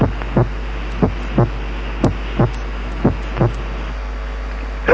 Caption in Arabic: اذا كان الانتنسيتي اوف ذا سكند ساوند اعلى كتير من الفيرست بيكون اكسنتويتد، وخاصة اذا. كان له رنة.